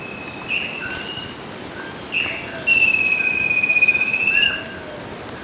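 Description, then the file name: Bird calls: short whistled notes, then a long level whistle of almost two seconds that curves upward at its end, with insects droning throughout. "SABIOD 50 bird 2015"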